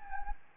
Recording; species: mosquito wingbeat signal from an infrared sensor; Anopheles gambiae